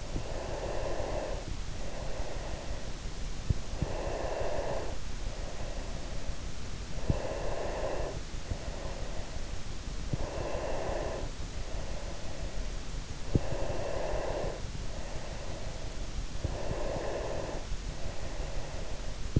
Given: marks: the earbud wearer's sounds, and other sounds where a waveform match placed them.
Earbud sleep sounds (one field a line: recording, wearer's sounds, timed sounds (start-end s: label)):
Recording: sounds in sleep by an in-ear microphone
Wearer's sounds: breath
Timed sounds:
0.00-2.86 s: breath
3.77-6.24 s: breath
7.15-9.49 s: breath
10.00-12.86 s: breath
13.64-16.11 s: breath
16.89-18.97 s: breath